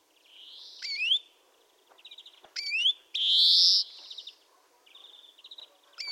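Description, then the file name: European greenfinch giving rising twittered calls and a long, harsh nasal wheeze, with short buzzy trills between, repeated over several seconds. "Chloris chloris"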